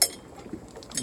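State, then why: Seated. A self-steering wind vane's metal auxiliary rudder is fitted into its mount on the stern of a 1961 wooden Cheoy Lee Wild Rose sailboat. A sharp metallic clink sounds at 0.0 s, followed by a few faint, softer ticks and a brighter clink near the end at about 1.0 s. The rudder locks into place.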